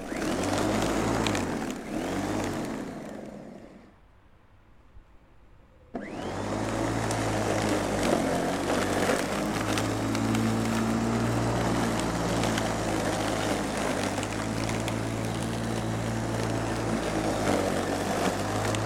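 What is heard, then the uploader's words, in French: An old electric lawnmower drones with a steady low hum and a rough, gritty whir over it, its pitch wobbling as it works through grass. Around four seconds it cuts out almost completely, then restarts near six seconds and runs on without a break. La tondeuse à gazon. Aujourd’hui on sort la vieille tondeuse, la rallonge et on part à la conquête de notre petit carré de jardin.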